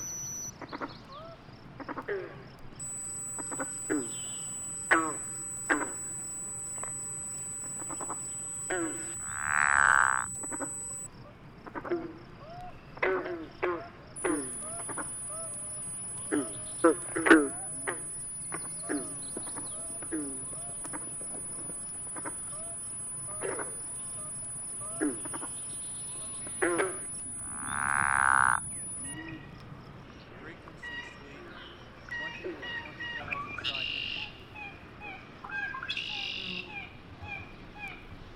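A recording played through a transducer and an antique gasoline can gives a busy stream of clicks, chirps and croaking calls over a low hum. Two louder swelling bursts come near 10 and 28 seconds, while thin high whines hold steady through the middle.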